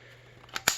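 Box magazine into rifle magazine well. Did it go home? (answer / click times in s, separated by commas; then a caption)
yes / 0.7 s. A ZB26-pattern box magazine is rocked, AK-style, into the magazine well of an FG42 replica rifle. A faint tick at 0.4 s and a sharper contact at 0.6 s lead into a loud, bright metallic snap at 0.7 s over a low steady hum. The magazine latches and is seated with a very positive click.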